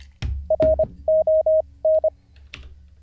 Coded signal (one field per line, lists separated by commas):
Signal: Morse code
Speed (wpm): 25 wpm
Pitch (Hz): 630 Hz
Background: none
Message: RON